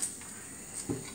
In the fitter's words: Sentite che clac, guardate com'è venuta mele e rosmarino.